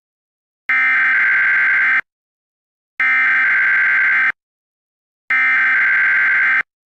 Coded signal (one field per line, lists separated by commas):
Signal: Emergency Alert System (SAME) tones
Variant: header bursts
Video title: EAS Scenario #1: The Yellowstone Caldera Eruption